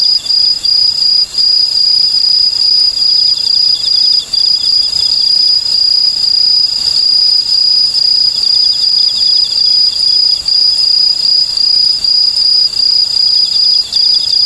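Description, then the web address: Okame cricket song, repeated short high chirps within a continuous ringing chorus of insects, one brief soft click near the middle. "sikioto insect okamekourogi"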